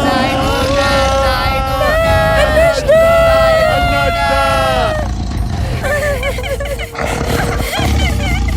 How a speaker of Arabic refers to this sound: وفي ليلة قرر نمر شرير في الغابة يدعى شريكان أن يهاجم القبيلة من أجل الغذاء. هاجم البشر وهو يزأر بقوة.